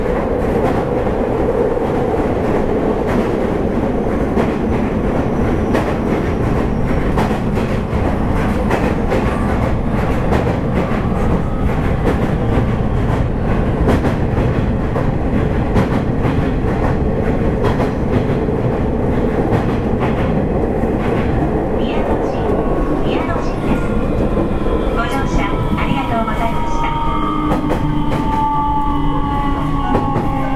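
A Nishitetsu 3000 series train runs steadily, with a constant low rumble and dense rattling of wheels over the track throughout. Toward the end, rising and falling whining tones from the motors sweep upward as the train changes speed, layered over the continuous rolling noise.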